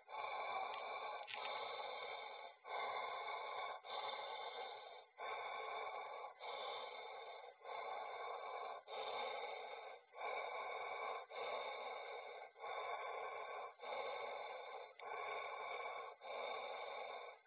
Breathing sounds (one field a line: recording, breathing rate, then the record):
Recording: paced breathing near a phone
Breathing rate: 24 breaths a minute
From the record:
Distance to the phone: 20 cm